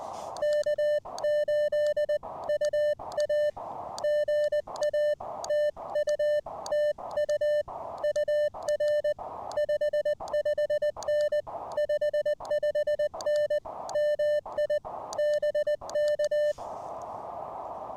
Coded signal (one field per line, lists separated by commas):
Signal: Morse code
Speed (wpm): 20 wpm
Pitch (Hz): 600 Hz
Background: music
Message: K8UA GA TU TU UR 55N 55N MI BK